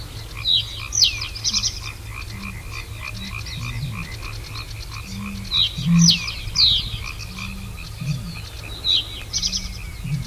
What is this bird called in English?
Reed Bunting